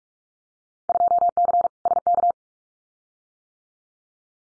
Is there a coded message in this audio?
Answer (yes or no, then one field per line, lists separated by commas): yes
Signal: Morse code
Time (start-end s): 0.9-2.3 s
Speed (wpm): 46 wpm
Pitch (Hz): 700 Hz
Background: none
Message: 2C SK